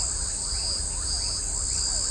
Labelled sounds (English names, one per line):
none